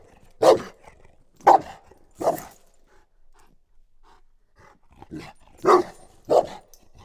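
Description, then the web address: Dog barking in single loud woofs, three spaced barks in the first half, then a pause and two loud barks near the end with a few fainter ones just before. Chained dog at a tourist house near Eger, Hungary, recorded in nature on 28 January; chained-dog barking. "allathangok termeszetben kutya lancvegencsahol octava egerturistahaz 01 28"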